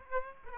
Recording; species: mosquito wingbeat signal from an infrared sensor; Aedes aegypti